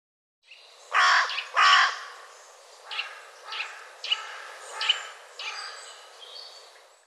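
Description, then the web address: Bird calls: two loud harsh notes near the start, followed by several softer, shorter harsh notes. "cianscape birddata Deverinetal 2025 File cleaned normalized Bird"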